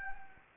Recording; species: mosquito wingbeat signal from an infrared sensor; Anopheles gambiae